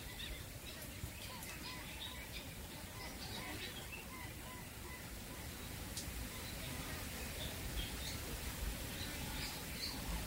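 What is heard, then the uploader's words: Birds call steadily over a constant low wash of water lapping against the shore. Many short chirps and whistles overlap throughout, mixed with lower honking calls that sound goose-like, all at a fairly even level for the whole stretch. The soothing sounds of birds singing and waves lapping against the shore. Serenity on an African Island.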